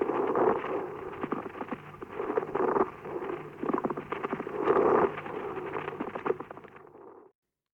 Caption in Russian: Шум трения плевры представляет собой прерывистый звук непостоянной интенсивности. Он выслушивается в обе фазы дыхания, изменяется при надавливании фонендоскопом на грудную клетку, а при покашливании не изменяется. После покашливания.